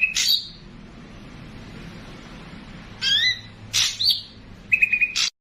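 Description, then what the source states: Streaked spiderhunter giving a sharp high downslurred note, a pause, then rising squeaky notes, another sharp note and a short level trill near the end. Lively, clear, long-running song used for training birds.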